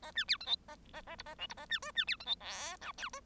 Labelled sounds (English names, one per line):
Bengalese Finch song